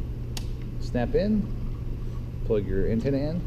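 A wiring harness plug is pushed into the back of a new car radio during a Taurus radio replacement, with a steady low hum in the background. A sharp click at 0.4 s shows the plug snapping in and seating, and then someone talks.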